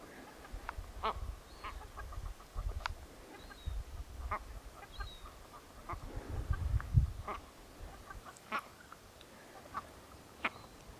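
Bird calls: scattered harsh notes and brief chattering runs with a few thin high notes, over low rumbling noise.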